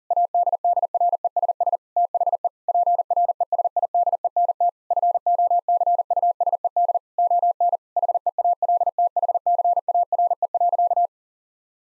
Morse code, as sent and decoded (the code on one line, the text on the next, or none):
.- -.. -.. .-. . ... ... / - .... . / .--. .-. . ... .. -.. . -. - / ..-. --- -.-. ..- ... . -.. / --- -. / .... . .- .-.. - .... -.-. .- .-. . .-.-.-
ADDRESS THE PRESIDENT FOCUSED ON HEALTHCARE.